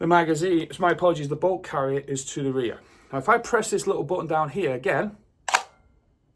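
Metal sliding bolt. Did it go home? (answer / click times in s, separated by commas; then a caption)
released / 5.5 s. On an Army Armament R36 (G36 replica) airsoft gas blowback rifle with the magazine out and the polymer and metal bolt carrier locked to the rear, the small bolt release button is pressed. Someone talks, then the bolt carrier snaps forward off the bolt catch with a sharp click at 5.5 s. The bolt carrier is released and sits forward.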